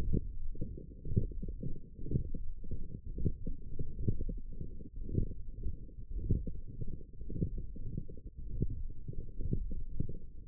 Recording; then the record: forearm muscle sounds (acoustic myography)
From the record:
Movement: wrist extension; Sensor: system 1, eight BSWA MPA416 microphones around the upper forearm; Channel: 7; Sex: male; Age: 23 years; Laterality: right